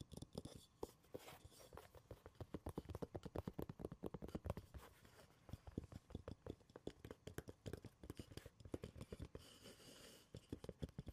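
Quick tapping and scratching on wood, cork and cardboard, with no talking. Dense, irregular taps fall several per second throughout, mostly dull and low with crisp clicky tops, and a softer scratchy stretch near the ten-second mark.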